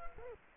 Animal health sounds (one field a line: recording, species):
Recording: mosquito wingbeat signal from an infrared sensor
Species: Culex quinquefasciatus